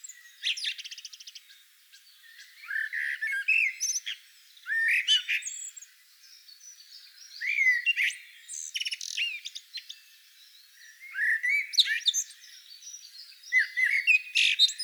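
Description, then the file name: Common blackbird song, a run of four or five rich warbled phrases with strained high twittering endings, separated by brief silences. "Turdus merula"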